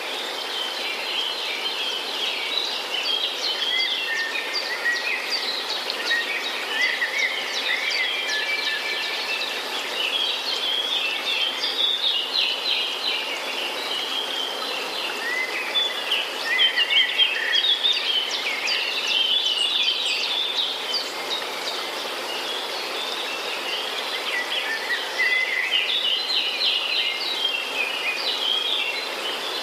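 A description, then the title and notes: A forest chorus of many birds calling at once, a dense, overlapping layer of bright chirps and trills that never pauses. Insects buzz steadily underneath, with no low sounds at all. Around seventeen seconds the calls grow slightly louder and busier. Sounds of nature. Live in forest.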